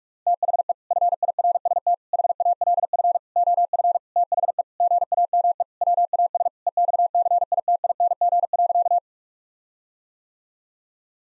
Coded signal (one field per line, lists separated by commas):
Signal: Morse code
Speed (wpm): 46 wpm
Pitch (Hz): 700 Hz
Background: none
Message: THE FIRST HALF OF THE GAME WAS EXCITING.